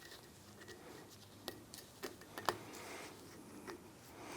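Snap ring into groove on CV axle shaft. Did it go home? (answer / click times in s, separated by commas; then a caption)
no / none. A steel snap ring is slid over the end of a CV axle shaft and worked toward its groove during a CV joint rebuild kit replacement on a 2002-2008 Dodge Ram 1500. Faint metallic handling taps sound against a low background hiss, with sharper ticks around 1.5 and 2.5 seconds. Nothing has seated or snapped into the groove yet.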